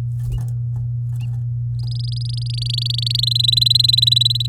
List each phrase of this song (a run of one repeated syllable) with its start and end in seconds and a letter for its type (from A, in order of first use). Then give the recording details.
1.79-3.25 A, 3.27-4.46 B. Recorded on 9 May 2018 at 13:18. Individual llb16